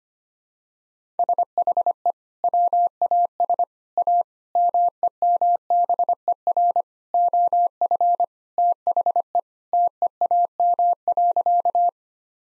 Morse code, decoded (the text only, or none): SHE WAS A MEMBER OF THE TEAM.